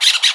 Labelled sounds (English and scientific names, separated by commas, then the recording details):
Brown-throated Parakeet (Eupsittula pertinax) contact call
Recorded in Aruba